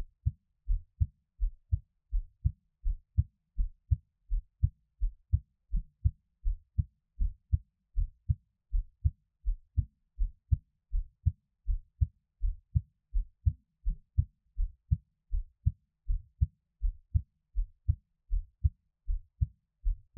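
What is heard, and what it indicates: Steady, soft low thumps repeat at about 80 beats a minute, each beat a close lub-dub pair, against a quiet background with no talking. This is an ordinary adult heartbeat with a regular rhythm, offered as a Taiwanese ASMR heartbeat for relaxed listening.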